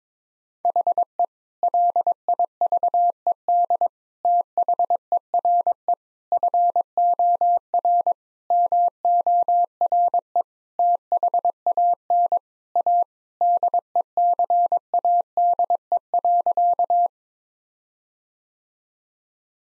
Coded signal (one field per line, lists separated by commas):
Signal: Morse code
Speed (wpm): 22 wpm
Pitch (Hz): 700 Hz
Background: none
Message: HE LIVED THERE FOR MORE THAN A DECADE.